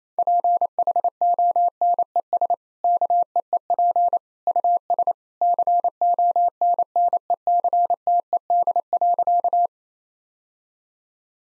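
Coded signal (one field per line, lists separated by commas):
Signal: Morse code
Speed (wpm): 28 wpm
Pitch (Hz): 700 Hz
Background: none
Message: PHONES KEEP US CONNECTED.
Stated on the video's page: Morse practice at 28 wpm: easy sentences with contextual hints.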